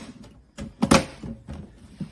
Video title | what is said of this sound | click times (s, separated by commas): SNEAKERHEADS FED UP WITH NIKE SNKRS APP ,GOING THE UA REP ROUTE? GIVEAWAY | and it should just snap right in | 0.8 s